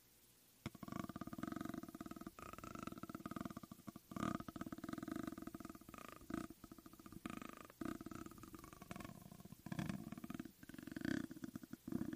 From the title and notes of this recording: ASMR THE ULTIMATE MIC TRIGGER TEST on NEW Blue Yeti Pro (mic brushing, mic scratching, no talking). Mic Scratching on Raw Speaker Grill.